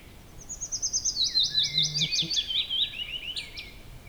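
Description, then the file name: Willow warbler song, a liquid run of high notes falling gently in pitch, each note slightly slurred, with a brief low hum midway. "pajulintu"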